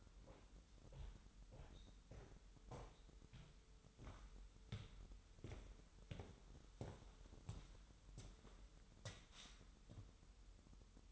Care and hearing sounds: daily activity, microphone in the room; walk to room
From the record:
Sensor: 3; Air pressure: 988.2 hPa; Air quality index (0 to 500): 181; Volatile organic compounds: 186 ppm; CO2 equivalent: 4164 ppm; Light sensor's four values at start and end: 24/75/31/27 and 24/74/31/27

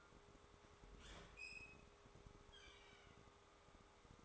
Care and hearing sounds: daily activity, microphone in the room; open fridge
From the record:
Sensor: 3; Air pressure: 1004.6 hPa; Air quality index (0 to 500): 192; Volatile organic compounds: 13 ppm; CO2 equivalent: 2404 ppm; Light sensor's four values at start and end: 5/13/5/5 and 5/13/5/5

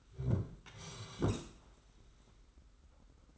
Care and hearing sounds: daily activity, microphone in the room; sit down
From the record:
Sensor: 3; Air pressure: 991.6 hPa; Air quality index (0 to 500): 175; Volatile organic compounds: 1000 ppm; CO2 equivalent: 5828 ppm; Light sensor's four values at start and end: 36/102/41/35 and 36/101/41/35

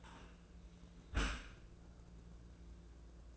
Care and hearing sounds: daily activity, microphone in the room; close dishwasher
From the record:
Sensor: 2

